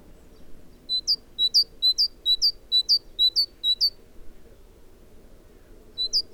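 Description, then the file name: Great tit calling a steady series of two-note phrases, low then high, several in a row, then one more pair after a pause. "Parus major"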